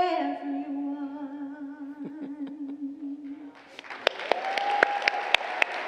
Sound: congregants applaud